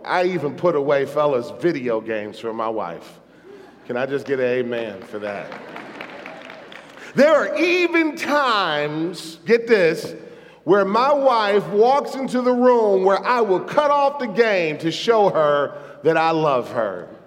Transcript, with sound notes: I even put away video games for my wife! Can I just get an amen for that? (applause)
There are even times—get this—where my wife walks into the room, where I will cut off the game to show her that I love her!